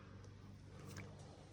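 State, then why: Seated. An extended, soldered throttle-by-wire wiring connector on a Harley-Davidson Softail motorcycle is pushed into its mount under the gas tank. Over a low, steady background hum, a faint click at 1.0 s marks the connector snapping into place.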